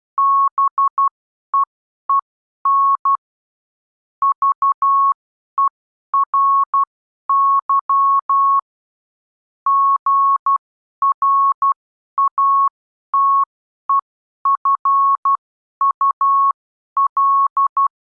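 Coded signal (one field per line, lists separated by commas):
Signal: Morse code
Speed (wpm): 12 wpm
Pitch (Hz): 1100 Hz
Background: none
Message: BEEN VERY GRATEFUL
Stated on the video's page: Morse code reading practice for subconscious familiarisation, the stage after initial conscious learning.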